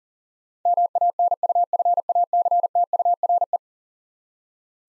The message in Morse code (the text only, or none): MANUFACTURE